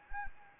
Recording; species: mosquito wingbeat signal from an infrared sensor; Anopheles gambiae